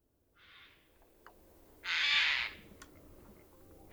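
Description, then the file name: Eurasian jay uttering a faint rasp followed by one loud, broad, grating screech, with a few clicks in the background. "Garrulus glandarius"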